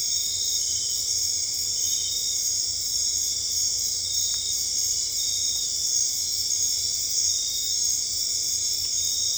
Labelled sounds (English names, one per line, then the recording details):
none
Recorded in dense forest near Puerto Asís, Putumayo, Colombia, on 26 December 2024 at 22:30
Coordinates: 0.485, -76.318
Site GP03